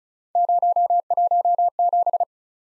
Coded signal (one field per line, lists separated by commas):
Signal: Morse code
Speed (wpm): 36 wpm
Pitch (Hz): 700 Hz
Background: none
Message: 017